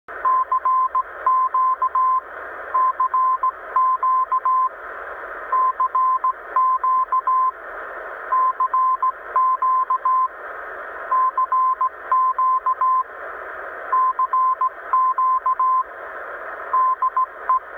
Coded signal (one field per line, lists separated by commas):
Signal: Morse code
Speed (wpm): 16 wpm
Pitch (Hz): 1040 Hz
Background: radio noise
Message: CQ CQ CQ CQ CQ CQ DE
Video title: CQ CQ CQ de WD9BGA EN53 2m SSB